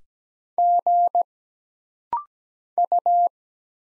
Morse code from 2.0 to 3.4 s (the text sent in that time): U